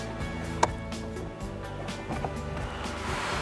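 A plastic clip on a part is pressed into its holes in a car door or body panel and snaps into place with a sharp click at 0.6 s, over steady background music. Softer knocks follow around 0.9 s and 2.3 s. The clip is seated.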